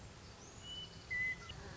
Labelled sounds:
Western Meadowlark
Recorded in Sonoma County, California

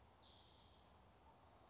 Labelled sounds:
Western Flycatcher
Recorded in Sonoma County, California

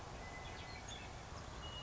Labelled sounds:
Western Meadowlark
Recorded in Sonoma County, California

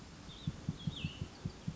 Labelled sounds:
Cassin's Vireo
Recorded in Sonoma County, California

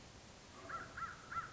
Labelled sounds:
American Crow
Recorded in Sonoma County, California

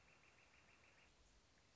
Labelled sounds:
Northern Flicker
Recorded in Sonoma County, California

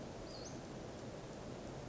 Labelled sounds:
Western Flycatcher
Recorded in Sonoma County, California

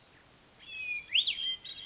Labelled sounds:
Hermit Thrush
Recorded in Sonoma County, California

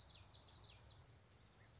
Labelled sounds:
Common Yellowthroat
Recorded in Sonoma County, California

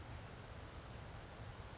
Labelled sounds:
Western Flycatcher
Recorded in Sonoma County, California

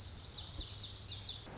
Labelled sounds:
Lazuli Bunting
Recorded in Sonoma County, California

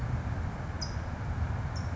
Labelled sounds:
California Towhee
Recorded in Sonoma County, California

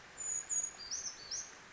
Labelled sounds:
Brown Creeper
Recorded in Sonoma County, California

